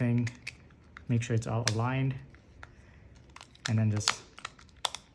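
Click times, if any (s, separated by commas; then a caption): 4.9 s. After a CR2032 coin cell is replaced in a Toyota RAV4 key fob, the two plastic halves of the shell are lined up over the battery compartment and pressed together while someone talks. Small ticks and taps lead up to one sharp snap at 4.9 s as the shell closes, since it had not closed all the way at first. The case is seated and snapped shut.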